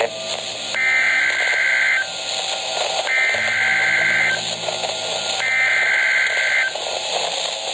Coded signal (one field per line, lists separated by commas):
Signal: Emergency Alert System (SAME) tones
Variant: header bursts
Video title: 4 Scariest Emergency Broadcasts & EAS Alerts (Vol. 1)